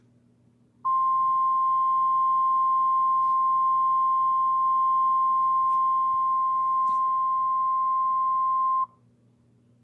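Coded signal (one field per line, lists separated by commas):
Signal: Emergency Alert System (SAME) tones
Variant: 1050 Hz attention tone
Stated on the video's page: Mock EAS alerts.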